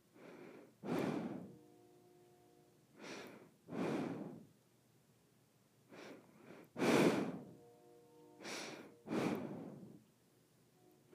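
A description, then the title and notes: Nose breathing, paired short sniffs and longer exhales roughly every two to three seconds, airy and hissy, with a faint steady hum between. ASMR Nose Breathing.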